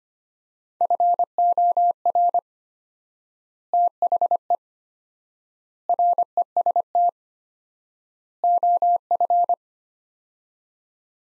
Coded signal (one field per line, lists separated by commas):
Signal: Morse code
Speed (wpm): 25 wpm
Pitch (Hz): 700 Hz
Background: none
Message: FOR THE REST OF